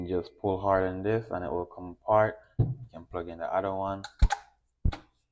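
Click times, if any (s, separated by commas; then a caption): 4.3 s. Someone talks, then an interchangeable plug adapter is pushed onto a Tesla mobile connector EV charger and latches. A sharp click at 4.3 s marks it locking in place, followed by a couple of fainter knocks.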